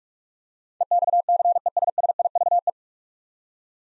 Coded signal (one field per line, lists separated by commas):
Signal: Morse code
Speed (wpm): 46 wpm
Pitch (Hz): 700 Hz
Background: none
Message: EXCESSIVE